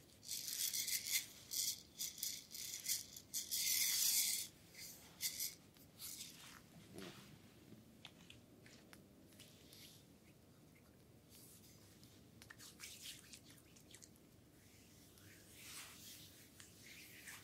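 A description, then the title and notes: Full body massage with bamboo, heard as dry rattling and brushing. The first four seconds are busiest, with dense bursts of bright clicking and scraping, then the sounds thin into softer, scattered taps and rubs over a low steady hum, with a few brief flurries later on. ASMR Full body massage with bamboo.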